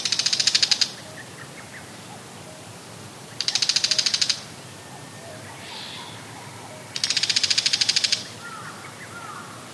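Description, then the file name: Bull-headed shrike calling in three short, grating, fast-pulsed bursts separated by quiet gaps, with soft background notes. "mozu"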